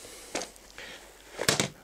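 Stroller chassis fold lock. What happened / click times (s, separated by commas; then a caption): The folding frame lock clicked shut / 1.5 s, 1.6 s. The side buttons on an UPPAbaby Vista 2-in-1 stroller's metal/plastic chassis are pressed and the frame is folded, with a few soft knocks and rustles early on. The fold lock clicks shut with two sharp clicks at 1.5 s and 1.6 s, and the chassis is latched folded.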